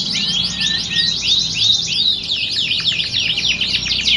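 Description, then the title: Canary song of quick rising and falling twittered notes, bright and high, delivered in a dense unbroken run over a faint low rumble. Belgian canary; warm-up song used to train canaries for singing contests and build a champion bird's confidence. "Canto Para Esquentar Canário Belga. Simulasi Lomba Kenari. Suara Kenari Lomba. Melatih Mental Kenari Juara"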